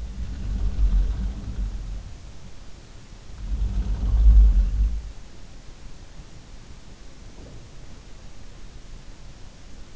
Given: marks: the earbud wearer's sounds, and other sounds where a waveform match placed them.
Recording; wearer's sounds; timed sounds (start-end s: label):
sounds in sleep by an in-ear microphone; snoring breath
0.00-1.98 s: snoring breath
3.54-5.09 s: snoring breath